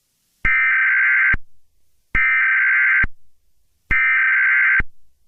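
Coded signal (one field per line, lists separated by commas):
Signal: Emergency Alert System (SAME) tones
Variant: header bursts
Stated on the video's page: A fictional EAS scenario about a creeper invasion, not a real alert.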